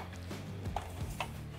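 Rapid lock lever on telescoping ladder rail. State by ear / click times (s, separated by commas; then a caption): released / 0.8 s, 1.2 s. Rapid lock levers on the telescoping rails of a Little Giant Leveler articulating ladder are rotated open to unlock the telescoping section before it is extended. Two light clicks sound at 0.8 s and 1.2 s over a steady low hum, and the locks are released.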